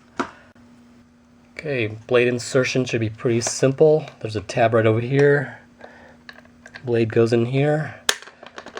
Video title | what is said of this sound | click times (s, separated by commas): Black & Decker 20V Max Lithium Reciprocating Saw #BDCR20B | locks into place | 8.8 s